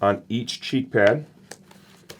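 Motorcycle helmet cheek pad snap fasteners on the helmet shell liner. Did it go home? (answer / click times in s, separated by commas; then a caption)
released / 1.5 s, 1.7 s, 2.1 s. Someone talks while a finger is slid between the cheek pad backing and the inner EPS liner of an AGV K6 motorcycle helmet and pried at the cheek pad, which has three snap fasteners. Sharp snaps pop at 1.5, 1.7 and 2.1 seconds as the snap fasteners release from the helmet's liner.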